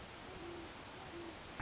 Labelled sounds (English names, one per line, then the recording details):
Great Horned Owl
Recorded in Sonoma County, California